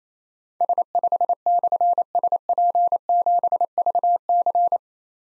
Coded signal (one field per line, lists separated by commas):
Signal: Morse code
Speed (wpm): 29 wpm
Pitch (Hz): 700 Hz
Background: none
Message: S5/SP7VC